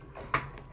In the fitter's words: and you can hear that click